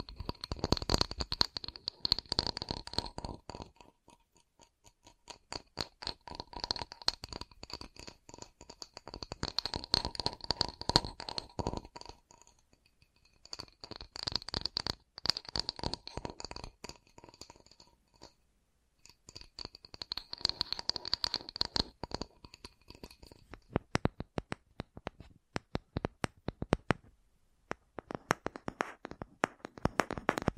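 Tapping with no talking: quick, dense bursts of sharp, crisp taps and scratchy clicks come in clusters a few seconds long, separated by brief pauses. The sound is bright and rattly, and near the end the taps turn sparser and more spaced out.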